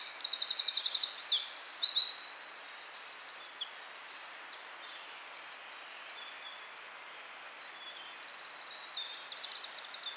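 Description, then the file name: Eurasian wren delivering a loud, fast series of high trills and twittering notes for about three and a half seconds, followed by quiet with faint bird notes. "Troglodytes troglodytes"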